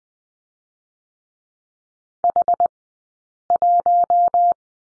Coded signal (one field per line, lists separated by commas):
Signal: Morse code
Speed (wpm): 20 wpm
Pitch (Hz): 700 Hz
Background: none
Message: H1